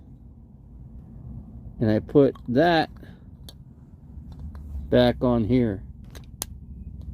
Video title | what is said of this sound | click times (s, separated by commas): RV Living | I put that back on here. That clicks right in. | 6.4 s